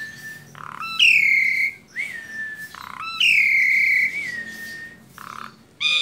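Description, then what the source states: Asian pied starling singing long, bright slurred whistles that alternate with short harsh buzzy notes, over a constant low hum. Masteran, a training recording played to teach caged songbirds.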